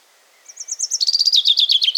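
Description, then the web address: Common chaffinch song: a quick run of high, bright notes that steps lower partway through, continuing as a rapid series of lower notes. "bnpi sounds erdei pinty"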